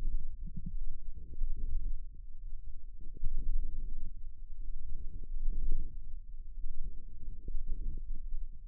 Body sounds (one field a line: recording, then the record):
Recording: forearm muscle sounds (acoustic myography)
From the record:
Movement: wrist extension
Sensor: system 1, eight BSWA MPA416 microphones around the upper forearm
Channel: 8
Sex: female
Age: 21 years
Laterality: right